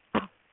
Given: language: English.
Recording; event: throat vibration sensor signal played as sound; cough